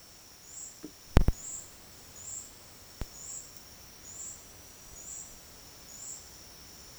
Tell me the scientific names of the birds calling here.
none